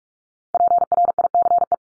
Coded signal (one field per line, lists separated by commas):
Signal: Morse code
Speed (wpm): 44 wpm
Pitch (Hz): 700 Hz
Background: none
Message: PRICE